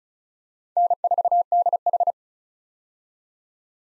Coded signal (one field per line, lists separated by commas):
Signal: Morse code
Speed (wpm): 36 wpm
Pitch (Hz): 700 Hz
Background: none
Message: N4DH